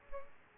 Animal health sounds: mosquito wingbeat signal from an infrared sensor; Culex pipiens

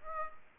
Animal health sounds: mosquito wingbeat signal from an infrared sensor; Aedes aegypti

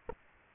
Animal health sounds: mosquito wingbeat signal from an infrared sensor; Aedes aegypti

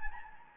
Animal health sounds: mosquito wingbeat signal from an infrared sensor; Anopheles gambiae

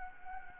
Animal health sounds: mosquito wingbeat signal from an infrared sensor; Anopheles arabiensis

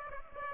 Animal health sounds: mosquito wingbeat signal from an infrared sensor; Aedes aegypti

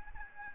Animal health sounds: mosquito wingbeat signal from an infrared sensor; Aedes albopictus

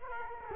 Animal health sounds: mosquito wingbeat signal from an infrared sensor; Culex quinquefasciatus

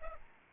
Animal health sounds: mosquito wingbeat signal from an infrared sensor; Aedes albopictus

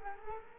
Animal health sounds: mosquito wingbeat signal from an infrared sensor; Culex quinquefasciatus

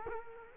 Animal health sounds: mosquito wingbeat signal from an infrared sensor; Culex quinquefasciatus

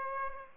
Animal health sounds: mosquito wingbeat signal from an infrared sensor; Aedes aegypti

